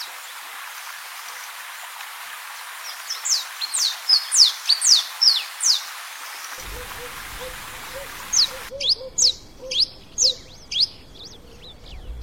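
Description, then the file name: Blue-and-yellow tanager song: two runs of high, thin, slurred notes, each several notes long, over background noise. "Canto do sanhacu papa laranja"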